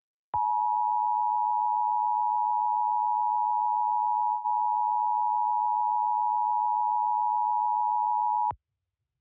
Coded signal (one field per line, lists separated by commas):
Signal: Emergency Alert System (SAME) tones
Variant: 853 and 960 Hz attention tone